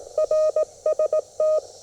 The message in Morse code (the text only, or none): RST